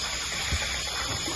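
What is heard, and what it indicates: Bubbling of the oxygen humidifier on a hospital oxygen supply unit in a COVID-19 ward of a Kharkiv hospital, as the unit is switched on and oxygen starts to flow.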